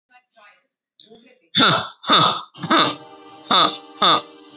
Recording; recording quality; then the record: shallow voluntary cough; excellent, no background noise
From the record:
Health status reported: healthy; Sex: male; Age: 34 years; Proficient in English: yes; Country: India